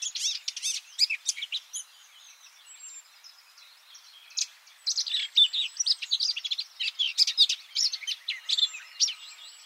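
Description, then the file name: Eurasian blackcap giving a hurried, scratchy warble of mixed chirps and whistles, fading to quiet thin notes for about two and a half seconds before the busy chatter resumes. "Sylvia atricapilla"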